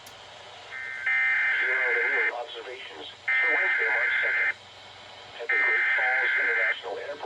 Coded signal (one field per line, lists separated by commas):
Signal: Emergency Alert System (SAME) tones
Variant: header bursts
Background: speech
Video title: Required Weekly Test with GWES-ERN Relay (EAS #26/27)